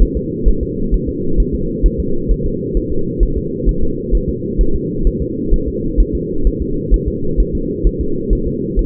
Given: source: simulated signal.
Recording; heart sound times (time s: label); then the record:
fetal heart sounds
0.02 s: S1
0.17 s: S2
0.48 s: S1
0.63 s: S2
0.94 s: S1
1.09 s: S2
1.40 s: S1
1.55 s: S2
1.86 s: S1
2.00 s: S2
2.31 s: S1
2.46 s: S2
2.77 s: S1
2.92 s: S2
3.23 s: S1
3.38 s: S2
3.69 s: S1
3.83 s: S2
4.15 s: S1
4.29 s: S2
4.61 s: S1
4.75 s: S2
5.07 s: S1
5.22 s: S2
5.54 s: S1
5.68 s: S2
6.00 s: S1
6.15 s: S2
6.47 s: S1
6.62 s: S2
6.94 s: S1
7.08 s: S2
7.40 s: S1
7.55 s: S2
7.87 s: S1
8.01 s: S2
8.33 s: S1
8.47 s: S2
8.79 s: S1
From the record:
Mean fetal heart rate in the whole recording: 130 bpm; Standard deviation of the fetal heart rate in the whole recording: 2 bpm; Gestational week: 36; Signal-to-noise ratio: -8.1 dB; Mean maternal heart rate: 72 bpm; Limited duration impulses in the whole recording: absent